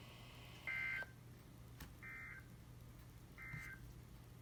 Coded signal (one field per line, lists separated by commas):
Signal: Emergency Alert System (SAME) tones